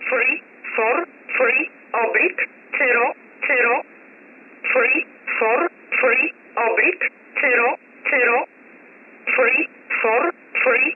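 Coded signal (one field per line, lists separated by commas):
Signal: numbers station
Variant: E11 Oblique, English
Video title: 14 07 2021 Number station E11 Oblique in English to Eu 0745 on 15720 unknown tx site in USB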